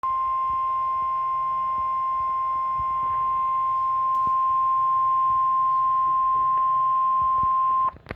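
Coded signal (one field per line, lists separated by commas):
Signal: Emergency Alert System (SAME) tones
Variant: 1050 Hz attention tone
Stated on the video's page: Special marine warning for Ipswich Bay, Massachusetts, issued by NWS/NOAA over the Emergency Alert System.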